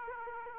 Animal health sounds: mosquito wingbeat signal from an infrared sensor; Aedes aegypti

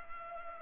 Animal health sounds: mosquito wingbeat signal from an infrared sensor; Culex pipiens

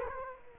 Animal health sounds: mosquito wingbeat signal from an infrared sensor; Culex quinquefasciatus

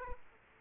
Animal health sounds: mosquito wingbeat signal from an infrared sensor; Aedes aegypti

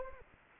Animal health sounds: mosquito wingbeat signal from an infrared sensor; Anopheles arabiensis

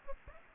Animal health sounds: mosquito wingbeat signal from an infrared sensor; Aedes aegypti

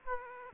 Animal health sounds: mosquito wingbeat signal from an infrared sensor; Aedes aegypti

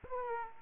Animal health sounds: mosquito wingbeat signal from an infrared sensor; Aedes aegypti

